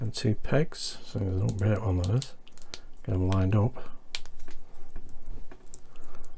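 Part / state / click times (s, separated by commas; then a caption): plastic model arm part onto its mating part / not seated / none. Someone talks while lining up the two plastic pegs of an Iron Man Mk III model's forearm or elbow part (Fanhome issues 19 and 20) with the matching holes in its mating part. Light taps and handling clicks can be heard between the words. The part has not snapped home yet, and nothing has seated or clicked into place.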